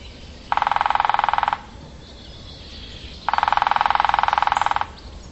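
Bird trill: two fast, even, buzzy pulsed trills of about a second and a second and a half, with a gap between, over a steady low hum.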